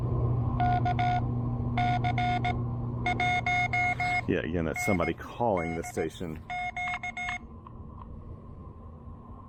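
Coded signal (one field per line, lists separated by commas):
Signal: Morse code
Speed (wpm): 18 wpm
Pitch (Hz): 720 Hz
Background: speech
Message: KC1NLQ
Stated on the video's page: CW park hunting on 30 m and 20 m with an Elecraft KH1 and a 4-foot whip antenna.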